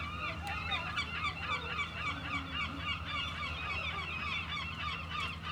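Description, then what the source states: Gulls in a busy chorus of overlapping harsh, downslurred yelps, many birds calling at once over a broad rushing background. Seagulls at Mers-les-Bains seafront, France, with waves in the distance; recorded with DPA 4060 AB pair into Zoom F3.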